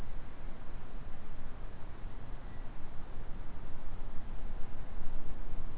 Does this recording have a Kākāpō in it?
no